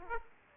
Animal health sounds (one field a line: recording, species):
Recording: mosquito wingbeat signal from an infrared sensor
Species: Aedes aegypti